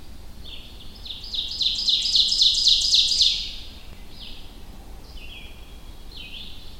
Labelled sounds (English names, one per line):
Ovenbird song